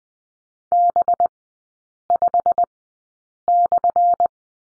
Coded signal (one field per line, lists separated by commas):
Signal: Morse code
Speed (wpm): 20 wpm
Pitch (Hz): 700 Hz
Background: none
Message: B5/